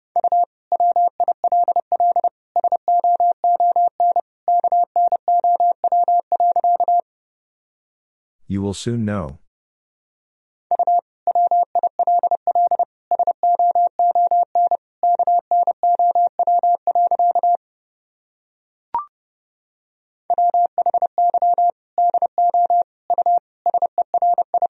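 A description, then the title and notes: Morse code beeps at one steady mid pitch tap out quick patterns, broken by pauses, a brief rustling clatter near nine seconds and a click near nineteen. Sentences from Top 400 Words and Abbreviations 30wpm. First, the words and abbreviations are sent in Morse code.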